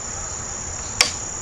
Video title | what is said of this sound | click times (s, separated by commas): ATI Nova Freedom with Standard Fiber Optic Sights | There. When that popped, now that's loaded correctly. | 1.0 s